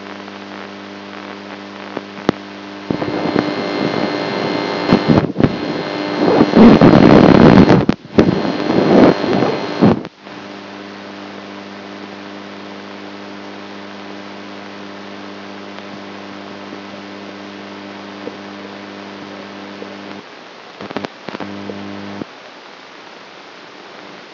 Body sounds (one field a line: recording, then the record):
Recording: brain microelectrode recording played as sound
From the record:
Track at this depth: inside the subthalamic nucleus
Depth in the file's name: 3.121 mm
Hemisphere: right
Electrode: 2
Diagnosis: Parkinson's disease